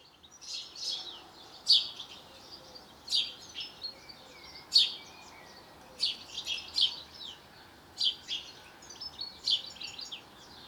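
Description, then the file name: House sparrow chirping irregularly, sharp notes in loose clusters of two or three, separated by brief pauses. "Passer domesticus"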